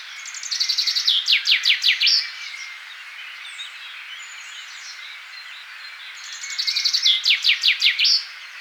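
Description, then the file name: Common chaffinch singing twice: each song a rattling, descending trill of repeated notes closing with a sharp flourish, with quiet birdsong between. "Fringilla coelebs"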